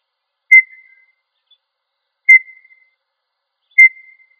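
Quail uttering three single pure whistles, one roughly every one and a half seconds, each starting sharply and fading, with silence between.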